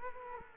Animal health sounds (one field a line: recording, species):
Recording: mosquito wingbeat signal from an infrared sensor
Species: Culex quinquefasciatus